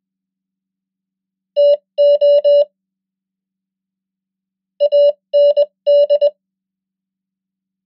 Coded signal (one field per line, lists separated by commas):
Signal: Morse code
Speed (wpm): 20 wpm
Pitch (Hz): 580 Hz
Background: none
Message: TO AND